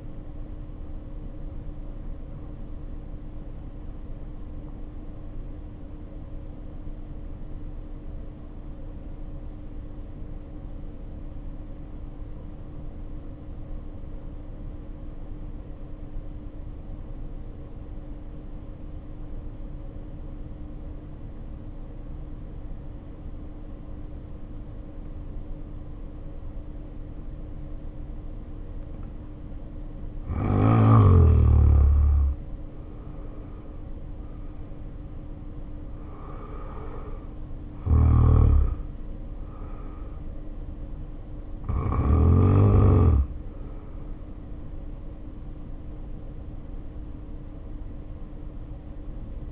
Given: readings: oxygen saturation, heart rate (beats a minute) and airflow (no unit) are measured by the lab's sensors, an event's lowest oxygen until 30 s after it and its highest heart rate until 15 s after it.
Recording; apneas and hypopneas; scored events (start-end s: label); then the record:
breathing in sleep by a smartphone at the bedside; 1
4.00-32.50 s: hypopnea (N1, oxygen 95% highest, then 77% lowest, heart rate 47 at the start, 67 highest)
8.00-49.52 s: new sleep stage, N2 (light sleep)
From the record:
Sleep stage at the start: N1 (lightest sleep); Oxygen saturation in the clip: 77 to 95%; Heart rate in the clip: 47 to 67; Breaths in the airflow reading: 16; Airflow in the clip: -1.6 to 1.8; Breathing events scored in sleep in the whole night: 520 in 7.2 hours asleep